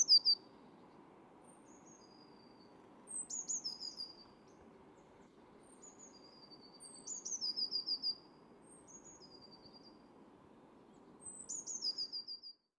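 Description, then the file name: Eurasian blue tit: several faint phrases of high, thin notes and short trills spread across the recording, with constant low rumble beneath. "Cyanistes caeruleus"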